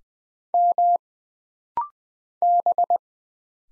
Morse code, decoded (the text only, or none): M B